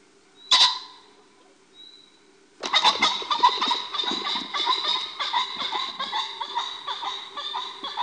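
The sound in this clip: Pheasant giving one sharp harsh note, then after a pause a rapid run of loud, ringing clucking notes that continue in uneven bursts to the end.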